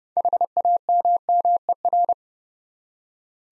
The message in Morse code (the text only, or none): HAMMER